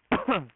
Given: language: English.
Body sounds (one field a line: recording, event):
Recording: throat vibration sensor signal played as sound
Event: cough